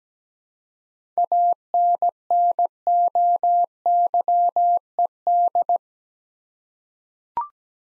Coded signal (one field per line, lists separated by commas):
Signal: Morse code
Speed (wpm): 17 wpm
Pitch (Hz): 700 Hz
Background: none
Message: ANNOYED